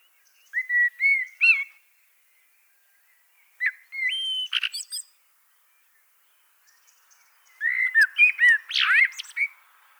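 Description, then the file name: Common blackbird song: three phrases of clear, fluty whistles, the last ending in a rapid, high, scratchy twittering flourish. "Turdus merula"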